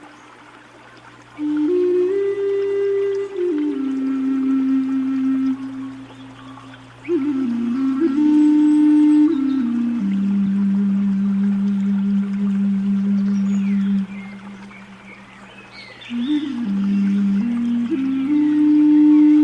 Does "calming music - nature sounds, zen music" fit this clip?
yes